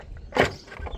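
A plastic hitch cover is pushed into the trailer hitch receiver of an Explorer ST. A broadband scraping, rustling burst peaks around 0.4 s, followed by softer handling noises near 0.8–0.9 s. Nothing has seated or clicked yet.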